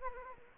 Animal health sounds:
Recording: mosquito wingbeat signal from an infrared sensor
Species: Anopheles arabiensis

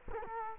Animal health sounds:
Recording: mosquito wingbeat signal from an infrared sensor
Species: Culex quinquefasciatus

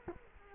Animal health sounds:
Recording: mosquito wingbeat signal from an infrared sensor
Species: Culex quinquefasciatus

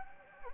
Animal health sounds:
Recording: mosquito wingbeat signal from an infrared sensor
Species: Anopheles gambiae

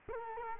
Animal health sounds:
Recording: mosquito wingbeat signal from an infrared sensor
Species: Culex quinquefasciatus

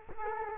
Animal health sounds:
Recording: mosquito wingbeat signal from an infrared sensor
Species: Culex quinquefasciatus

